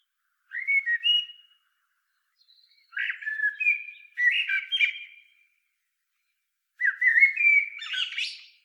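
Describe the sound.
Eurasian blackbird song, a few separate phrases of rich fluted warbling with silent gaps between them.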